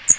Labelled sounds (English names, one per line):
Magnolia Warbler flight call